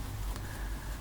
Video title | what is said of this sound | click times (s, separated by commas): Samsung Tab 7 7 will not turn on Battery Replacement #52 | and of course every time I hear one click my heart sinks but | 0.4 s